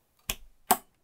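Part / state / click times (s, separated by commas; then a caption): Torx socket screw tightened into a Threadripper CPU socket retention frame / torque reached / 0.3 s, 0.7 s. A Threadripper Torx screwdriver with a built-in torque limiter in its handle tightens a Torx screw into a Threadripper CPU socket retention frame. Two sharp clicks ring out at 0.3 s and 0.7 s, the second slightly louder. The clicks confirm the screwdriver has reached its torque setting.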